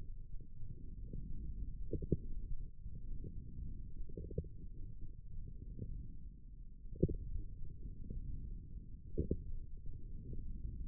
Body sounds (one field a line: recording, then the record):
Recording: forearm muscle sounds (acoustic myography)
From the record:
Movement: wrist flexion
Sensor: system 1, eight BSWA MPA416 microphones around the upper forearm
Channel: 1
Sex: male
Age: 18 years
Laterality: right